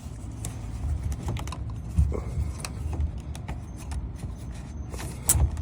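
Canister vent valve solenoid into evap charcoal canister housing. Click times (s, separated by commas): 5.3 s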